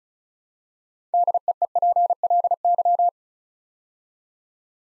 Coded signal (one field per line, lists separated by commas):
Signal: Morse code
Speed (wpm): 36 wpm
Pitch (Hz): 700 Hz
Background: none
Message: DEEPLY